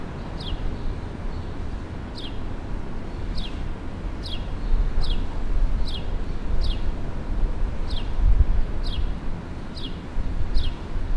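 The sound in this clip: Bird chirping repeatedly, each note a quick high downward slide, spaced roughly a second apart over constant heavy low-pitched background noise.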